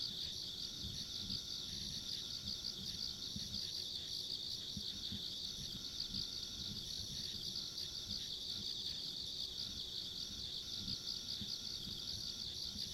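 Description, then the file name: Insects in a dense, steady chorus of shrill trilling around a high pitch, with a fainter higher whine above it and low rumbling background noise underneath. Ambient insect sounds along a rural country road. "田舎道の虫の環境音"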